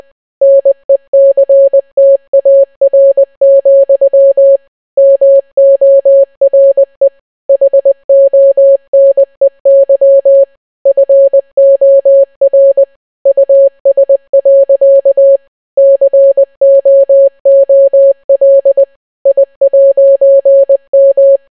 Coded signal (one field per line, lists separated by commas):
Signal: Morse code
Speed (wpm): 20 wpm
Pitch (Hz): 550 Hz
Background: none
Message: NECTAR, MORE HONEY FOR US. COOL I'M